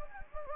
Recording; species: mosquito wingbeat signal from an infrared sensor; Anopheles gambiae